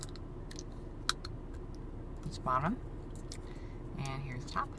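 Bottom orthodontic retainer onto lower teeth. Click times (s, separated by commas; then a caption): 1.1 s. A clear bottom orthodontic retainer is pressed onto the lower teeth and snaps into place with a sharp click at 1.1 s, among a few fainter clicks and mouth noises. Someone talks afterward, and the retainer is seated.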